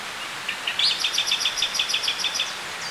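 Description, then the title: Song Thrush song phrase: a rapid run of many bright, clipped notes repeated evenly, with a faint high note at the end. "Sylvain Jaskowiak - Mes piafs. Grive musicienne"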